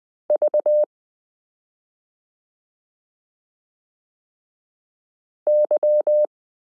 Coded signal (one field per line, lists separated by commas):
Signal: Morse code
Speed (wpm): 20 wpm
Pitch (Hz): 600 Hz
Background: none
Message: V Y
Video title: Morse Code Learning Lesson 29 - f (0)zero y (,)comma v g 5 (/)slash q 9 z h 3 8